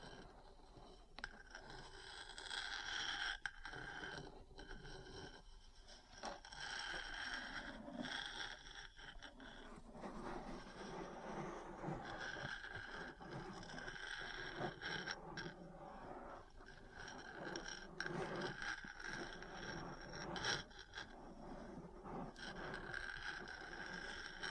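Metal parts scrape and rub almost without pause, a dense rasping with sharp taps every second or so and brief quieter gaps.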